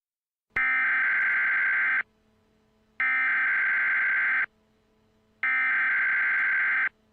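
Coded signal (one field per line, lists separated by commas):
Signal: Emergency Alert System (SAME) tones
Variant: header bursts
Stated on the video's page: Simulated scenario alert depicting a fictional tornado outbreak; the page warns against loud headphone listening.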